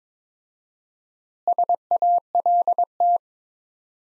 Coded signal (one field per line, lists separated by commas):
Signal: Morse code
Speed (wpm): 22 wpm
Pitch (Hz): 700 Hz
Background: none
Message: SALT